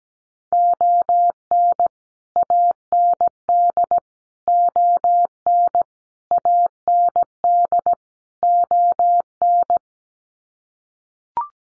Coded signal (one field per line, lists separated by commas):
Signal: Morse code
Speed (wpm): 17 wpm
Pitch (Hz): 700 Hz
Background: none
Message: ON AND ON AND ON